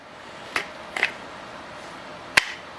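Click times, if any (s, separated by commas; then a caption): 2.4 s. An ESEE 4 fixed-blade knife is pushed into its stock plastic sheath, which is being compared with an aftermarket Armatus Architect sheath. A few light taps sound at about 0.6 and 1.0 s, then a sharp, loud click at 2.4 s as the knife seats firmly in the sheath and holds in place.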